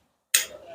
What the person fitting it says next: kunci tersebut sudah terkunci dan berhenti.